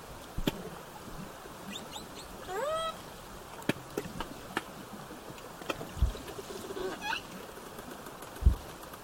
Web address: SRKW bouts 240917-1700-OS-L 90 calf 240917-1632-1750-OS-L 90 calf